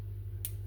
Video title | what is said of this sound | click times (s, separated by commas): Wire connecters, 3 ways to connect. | give it a squeeze until it clicks. | 0.4 s